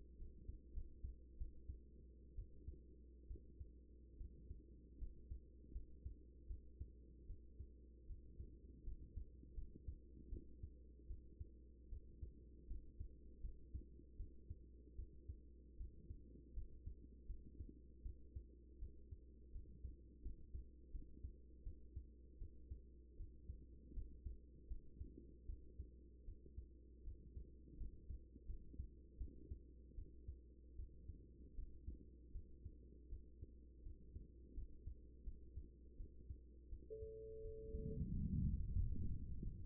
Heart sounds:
heart sounds by stethoscope; 80 bpm
0.18 s: heartbeat
0.73 s: heartbeat
1.38 s: heartbeat
2.35 s: heartbeat
3.27 s: heartbeat
4.17 s: heartbeat
4.98 s: heartbeat
5.72 s: heartbeat
6.47 s: heartbeat
7.26 s: heartbeat
8.06 s: heartbeat
8.84 s: heartbeat
9.54 s: heartbeat
10.29 s: heartbeat
11.07 s: heartbeat
11.89 s: heartbeat
12.67 s: heartbeat
13.41 s: heartbeat
14.16 s: heartbeat
14.95 s: heartbeat
15.77 s: heartbeat
16.53 s: heartbeat
17.26 s: heartbeat
18.02 s: heartbeat
18.78 s: heartbeat
19.51 s: heartbeat
20.22 s: heartbeat
20.91 s: heartbeat
21.63 s: heartbeat
22.38 s: heartbeat
23.16 s: heartbeat
23.93 s: heartbeat
24.67 s: heartbeat
25.46 s: heartbeat
26.24 s: heartbeat
27.03 s: heartbeat
27.77 s: heartbeat
28.46 s: heartbeat
29.17 s: heartbeat
29.95 s: heartbeat
30.75 s: heartbeat
31.55 s: heartbeat
32.31 s: heartbeat
33.09 s: heartbeat
33.83 s: heartbeat
34.54 s: heartbeat
35.23 s: heartbeat
35.96 s: heartbeat
36.69 s: heartbeat
37.41 s: heartbeat
38.13 s: heartbeat
38.78 s: heartbeat
39.42 s: heartbeat
From the record:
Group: healthy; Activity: rest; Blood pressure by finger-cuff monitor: 115/66 mmHg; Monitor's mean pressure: 85 mmHg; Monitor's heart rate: 80 bpm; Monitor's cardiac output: 6.8 L/min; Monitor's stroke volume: 86 mL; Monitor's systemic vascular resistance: 890 dyn s/cm5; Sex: female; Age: 24 years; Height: 163 cm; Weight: 55.7 kg

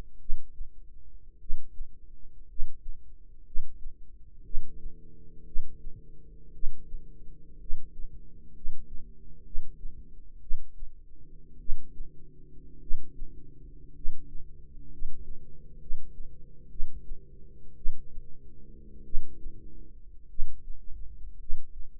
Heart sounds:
heart sounds by microphone in the right ear; 57 bpm
0.17 s: heartbeat
1.37 s: heartbeat
2.46 s: heartbeat
3.43 s: heartbeat
4.42 s: heartbeat
5.43 s: heartbeat
6.51 s: heartbeat
7.57 s: heartbeat
8.52 s: heartbeat
9.42 s: heartbeat
10.39 s: heartbeat
11.57 s: heartbeat
12.78 s: heartbeat
13.92 s: heartbeat
14.88 s: heartbeat
15.77 s: heartbeat
16.67 s: heartbeat
17.74 s: heartbeat
19.02 s: heartbeat
20.26 s: heartbeat
21.36 s: heartbeat
From the record:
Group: healthy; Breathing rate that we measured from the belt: 9 breaths a minute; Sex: male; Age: 25 years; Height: 170 cm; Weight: 70.4 kg

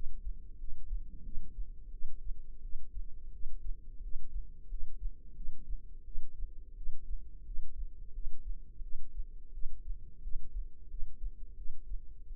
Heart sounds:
heart sounds by microphone in the left ear; 87 bpm
0.58 s: heartbeat
1.23 s: heartbeat
1.91 s: heartbeat
2.62 s: heartbeat
3.31 s: heartbeat
4.01 s: heartbeat
4.68 s: heartbeat
5.35 s: heartbeat
6.04 s: heartbeat
6.76 s: heartbeat
7.45 s: heartbeat
8.13 s: heartbeat
8.82 s: heartbeat
9.52 s: heartbeat
10.22 s: heartbeat
10.88 s: heartbeat
11.56 s: heartbeat
12.27 s: heartbeat
From the record:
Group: healthy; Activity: cold pressor test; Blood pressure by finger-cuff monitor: 77/42 mmHg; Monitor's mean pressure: 55 mmHg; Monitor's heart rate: 88 bpm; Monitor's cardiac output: 8.8 L/min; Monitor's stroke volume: 101 mL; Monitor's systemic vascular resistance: 430 dyn s/cm5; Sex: female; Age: 22 years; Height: 161 cm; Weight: 65.5 kg

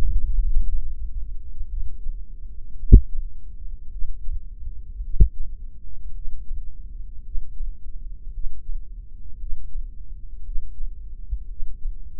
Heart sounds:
heart sounds by microphone in the left ear; 55 bpm
0.65 s: heartbeat
1.70 s: heartbeat
2.79 s: heartbeat
3.91 s: heartbeat
5.03 s: heartbeat
6.14 s: heartbeat
7.24 s: heartbeat
8.32 s: heartbeat
9.39 s: heartbeat
10.44 s: heartbeat
11.48 s: heartbeat
From the record:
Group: heart failure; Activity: Valsalva maneuver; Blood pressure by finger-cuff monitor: 122/84 mmHg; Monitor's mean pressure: 96 mmHg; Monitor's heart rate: 55 bpm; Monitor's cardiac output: 5.1 L/min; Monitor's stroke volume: 89 mL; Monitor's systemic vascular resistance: 1370 dyn s/cm5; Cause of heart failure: idiopathic cardiomyopathy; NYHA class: 1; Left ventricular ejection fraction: 50%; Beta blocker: bisoprolol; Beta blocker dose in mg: 5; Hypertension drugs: candesartan, spironolactone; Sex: male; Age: 54 years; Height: 180 cm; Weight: 94.6 kg

